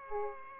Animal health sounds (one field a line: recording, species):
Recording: mosquito wingbeat signal from an infrared sensor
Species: Aedes aegypti